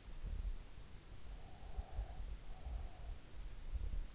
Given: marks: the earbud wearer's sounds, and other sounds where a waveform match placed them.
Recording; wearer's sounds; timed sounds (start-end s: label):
sounds in sleep by an in-ear microphone; breath
1.48-3.24 s: breath